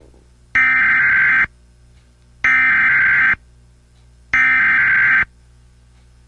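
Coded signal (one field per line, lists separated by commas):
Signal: Emergency Alert System (SAME) tones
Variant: header bursts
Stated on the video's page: Emergency Alert System alerts for two Winter Storm Warnings.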